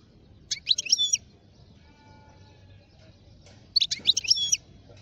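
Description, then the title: European goldfinch song in two short bright twittering phrases about three seconds apart, over low background noise. Wild goldfinch; the Arabic title calls its song among the most beautiful. "اجمل غناءالحسون الخلويchant chardonneret sauvage"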